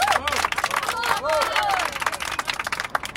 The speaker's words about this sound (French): Chers amis, chers camarades, je vous demande d'accueillir par vos applaudissements les plus chaleureux, Monsieur Georges Segui. Bravo Segui.